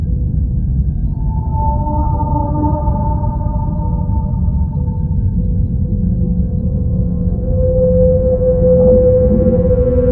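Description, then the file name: Whale song: a gently falling moan early on, followed by a long bright held tone that swells near the end, with deep rumbling noise throughout. Song of a mother whale. "Sonido Canto de Ballenas - Madre Ballena"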